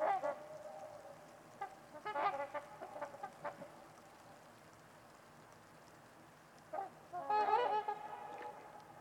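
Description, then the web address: Trumpeter swans trumpeting in a cluster of honks at the start, a pause, then another loud group of bugling calls near the end. Trumpeter swans calling on a winter evening at Winters Lake in a deep, silent valley. "Trumpeter Swans on a Winter's Eve. Wind Is the Original Radio. Nick-Mc Mahan Winters-Lake-with-Swan"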